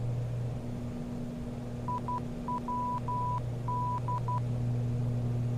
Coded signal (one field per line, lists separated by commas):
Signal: Morse code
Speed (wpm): 12 wpm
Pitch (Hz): 990 Hz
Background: none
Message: IWD